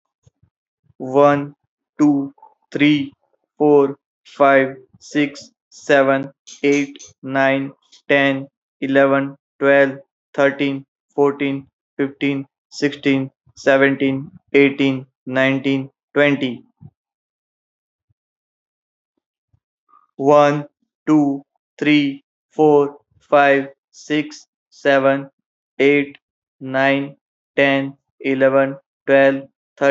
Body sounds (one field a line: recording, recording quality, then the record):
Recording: counting at a normal pace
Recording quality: poor, much background noise or distortion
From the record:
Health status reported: healthy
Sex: male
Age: 34 years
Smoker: yes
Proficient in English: yes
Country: India